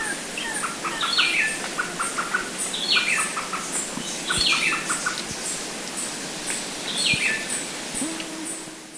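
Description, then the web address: Bar-winged wood-wren song: short bursts of clear, quick whistled notes, each phrase starting high and stepping down. Phrases repeat every one to three seconds over steady high insect-like tones. Recorded in Ecuador, South America. "Natures Songs S America Birds of Ecuador Bar-winged Wood-Wren"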